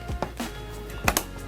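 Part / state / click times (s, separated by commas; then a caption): memory module into motherboard DIMM slot / seated / 1.1 s, 1.2 s. A memory module is lined up and pushed down into a motherboard DIMM slot until the retention clip snaps shut. Soft handling taps come first, then two sharp clicks at 1.1 and 1.2 seconds as it seats. The RAM stick is seated.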